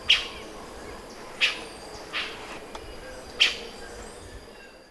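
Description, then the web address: Chestnut-crowned Gnateater giving short, sharp chip calls at irregular intervals, three strong notes and two softer ones. Recorded in Ecuador. "Birds of Ecuador 2. Chestnut-Crowned Gnateater"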